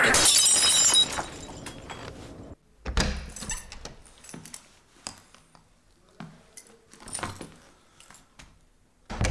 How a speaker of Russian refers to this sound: Он разбивает подарок трех клоунов, они же Валентины.